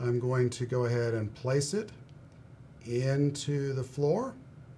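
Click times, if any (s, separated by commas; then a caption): none. A small resin floor brace for a scale-model Spitfire is being handled and placed into the resin floor piece before gluing, while someone talks. Nothing has seated or clicked yet.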